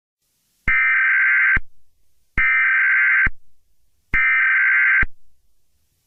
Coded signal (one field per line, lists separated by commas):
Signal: Emergency Alert System (SAME) tones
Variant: header bursts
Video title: EAS Scenario 3 (The Piggy Infection Outbreak)